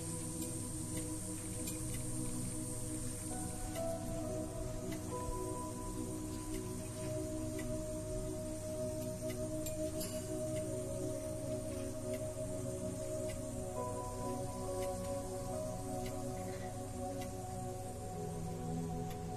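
A facial treatment with a steady, even hiss and low hum running throughout, like a steamer. Thin held tones drift in and out over the drone, and faint soft squishing and brief ticks suggest cream being worked in during massage.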